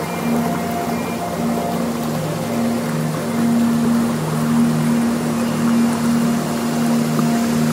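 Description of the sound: A steady, even rush of flowing water and waves plays throughout, with a faint low hum beneath it and no speech. It is a nature soundscape played from a tinnitus sound therapy app, used to draw attention away from the ringing and aid habituation.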